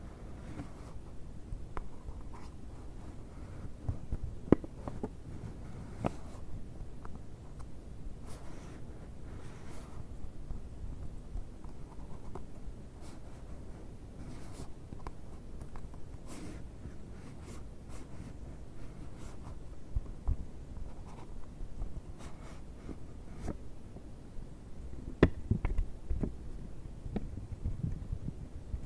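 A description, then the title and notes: Continuous scratching and scraping on a cardboard box, a dry rasping texture with frequent small ticks and rubs. Sharper snaps stand out around 4, 6 and 25 seconds, over a low, steady rumble of handling noise. ASMR BOX OPENING, BOX SCRATCHING NO TALKING.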